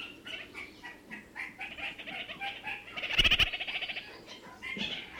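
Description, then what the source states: Red-crowned parakeet giving a loud, fast pulsed chatter midway, over a steady background of whistles and warbling notes. New Zealand.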